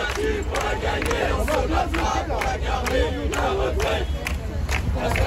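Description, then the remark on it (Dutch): A crowd of several hundred protesters with banners and fireworks shouts and chants continuously on the busy Paris ring road (périphérique), blocking it during the morning rush hour; many voices overlap in loud, rhythmic bursts with a steady low rumble underneath throughout. “Op zeker twee plekken op de superdrukke ringweg rond Parijs liepen demonstranten met spandoeken en vuurwerk de weg op.”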